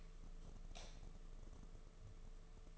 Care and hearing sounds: daily activity, microphone in the room; light off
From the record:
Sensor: 4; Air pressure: 1015.6 hPa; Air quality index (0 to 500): 180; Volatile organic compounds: 8 ppm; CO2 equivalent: 2080 ppm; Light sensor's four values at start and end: 23/56/24/26 and 22/53/22/24

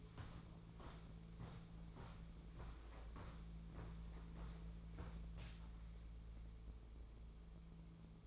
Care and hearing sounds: daily activity, microphone in the room; walk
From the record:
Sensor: 1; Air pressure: 1005.5 hPa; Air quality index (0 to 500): 126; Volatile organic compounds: 5 ppm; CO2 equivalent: 1769 ppm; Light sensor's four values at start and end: 11/26/10/11 and 11/27/11/12

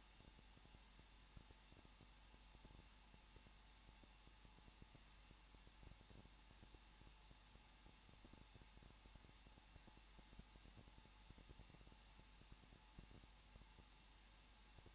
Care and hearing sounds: daily activity, microphone in the room; no activity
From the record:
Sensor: 1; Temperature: 20.1 degrees Celsius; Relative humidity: 39.4%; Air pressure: 1006.4 hPa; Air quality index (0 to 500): 218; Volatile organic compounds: 80 ppm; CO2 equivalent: 3608 ppm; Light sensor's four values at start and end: 1/2/1/1 and 1/2/1/1

